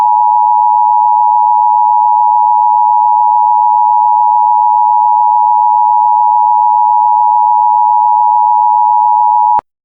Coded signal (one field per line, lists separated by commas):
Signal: Emergency Alert System (SAME) tones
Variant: 853 and 960 Hz attention tone